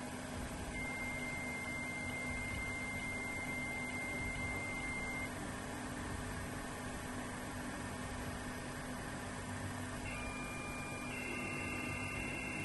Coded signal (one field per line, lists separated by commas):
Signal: dial-up modem handshake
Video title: Starcraft with a Dial-Up Modem in 2022